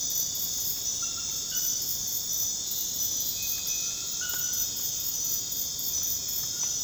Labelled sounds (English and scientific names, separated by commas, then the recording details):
none
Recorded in dense forest near Puerto Asís, Putumayo, Colombia, on 9 March 2025 at 02:30
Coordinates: 0.486, -76.317
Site G053